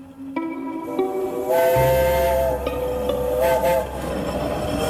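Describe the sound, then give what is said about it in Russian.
A steam train whistle sounds at a railway station in long, steady harmonic blasts with a brief dip between them, over a low rumbling engine and faint hiss. No one speaks. “Когда Нехлюдов приехал на вокзал, арестанты уже все сидели в вагонах за решетчатыми окнами.”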